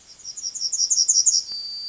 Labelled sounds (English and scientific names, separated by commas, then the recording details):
Yellowhammer (Emberiza citrinella) song
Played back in forest
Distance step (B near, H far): C
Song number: 028